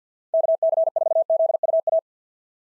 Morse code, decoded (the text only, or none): KC4ZUA